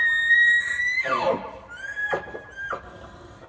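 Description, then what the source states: Elk bugle: a long, high, steady whistle that breaks into a falling squeal, followed by a shorter whistle and a few harsh bursts. A bull elk with cows, recorded on 18 October 2015.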